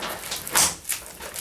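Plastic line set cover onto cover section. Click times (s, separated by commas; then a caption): 0.5 s, 0.9 s. A plastic line set cover section is pushed onto its mating cover piece and snaps into place, with sharp clicks at 0.5 s and 0.9 s and a louder burst of broadband noise around 0.6 s. The cover is seated and the snap is confirmed.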